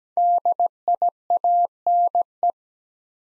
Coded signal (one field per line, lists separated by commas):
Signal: Morse code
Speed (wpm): 17 wpm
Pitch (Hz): 700 Hz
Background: none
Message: DIANE